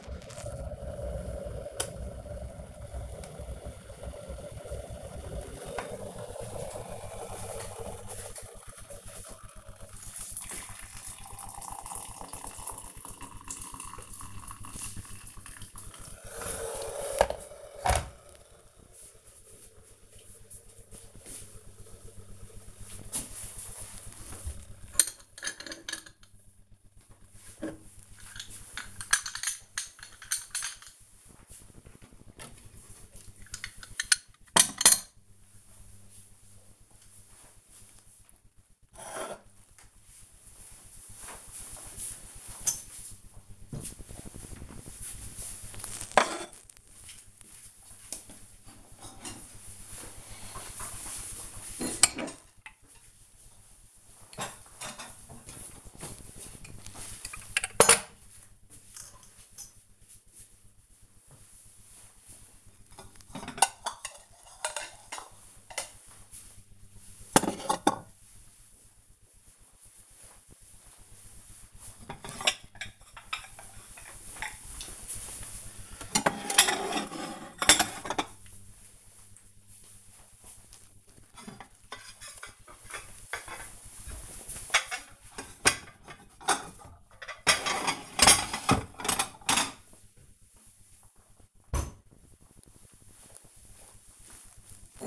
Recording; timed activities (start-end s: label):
household activities, microphone on the right wrist
0.00-17.67 s: making tea
26.72-95.07 s: putting away the dishes